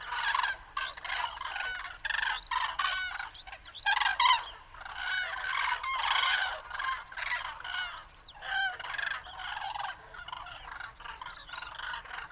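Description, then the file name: Common crane flock calling, overlapping trumpeting notes in bursts with short gaps, some rising then falling in pitch, from several birds together. "Grue-cendrée-Grus-grus"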